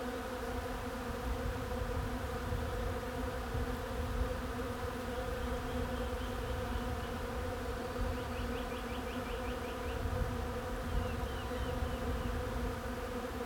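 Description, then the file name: Honey bee buzz as an even, sustained hum of many insects, with brief faint twittering notes in the second half. "abeilles"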